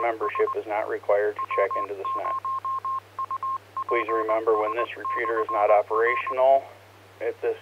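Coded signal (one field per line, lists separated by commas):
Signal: Morse code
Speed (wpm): 20 wpm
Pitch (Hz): 1060 Hz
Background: speech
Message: ES W0UPS/R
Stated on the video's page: Morse ident of the 447.275 Horsetooth repeater carrying an ARES emergency net, also linked via the Lee Hill repeater and Echolink.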